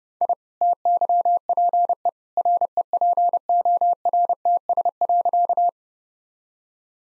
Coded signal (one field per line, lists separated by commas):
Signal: Morse code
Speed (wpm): 30 wpm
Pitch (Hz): 700 Hz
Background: none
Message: I TYPE REPORTS.